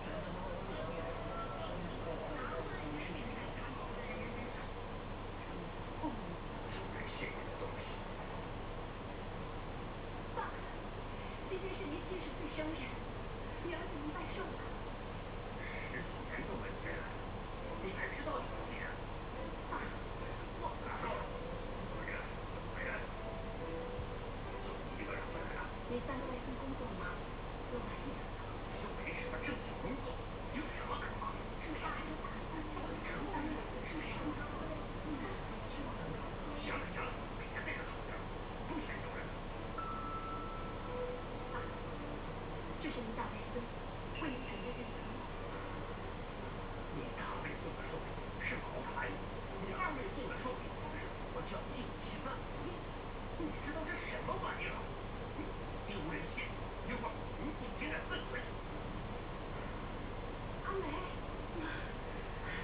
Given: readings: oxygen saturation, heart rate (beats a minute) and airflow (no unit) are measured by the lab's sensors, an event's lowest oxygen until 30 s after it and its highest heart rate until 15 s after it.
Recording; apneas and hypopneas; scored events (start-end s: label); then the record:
a person awake in a sleep study, by a voice recorder at the bedside; none
0.00-62.64 s: awake
From the record:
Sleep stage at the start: awake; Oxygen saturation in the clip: 92 to 94%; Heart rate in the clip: 61 to 67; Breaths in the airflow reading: 19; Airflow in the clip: -6.4 to 5.3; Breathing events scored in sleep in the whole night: 476 in 9.7 hours asleep